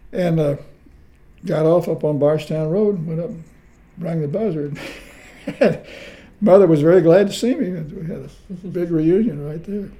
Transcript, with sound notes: and…got off up on Bardstown road, and went up, rang the buzzard, [Chuckling] and Mother was very glad to see me, and we had a big reunion right there.